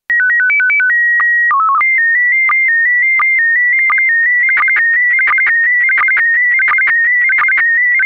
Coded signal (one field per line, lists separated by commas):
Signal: SSTV (slow-scan television)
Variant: PD 90